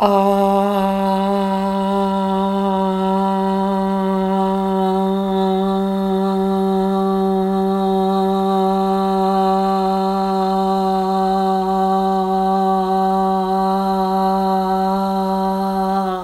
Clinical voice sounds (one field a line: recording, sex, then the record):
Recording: sustained vowel /a/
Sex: female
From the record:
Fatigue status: no fatigue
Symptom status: asymptomatic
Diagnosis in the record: COVID-19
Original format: m4a